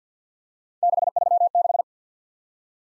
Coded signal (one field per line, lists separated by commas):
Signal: Morse code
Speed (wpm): 49 wpm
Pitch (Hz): 700 Hz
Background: none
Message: 636